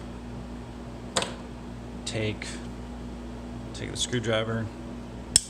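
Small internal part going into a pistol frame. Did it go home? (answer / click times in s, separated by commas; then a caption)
yes / 5.4 s. During reassembly of a Glock pistol frame, a small metal internal part is slid over with a screwdriver while someone talks, and it pops into its seat with a sharp click at 5.4 s. An earlier short tap is heard at about 1.2 s. The part is seated.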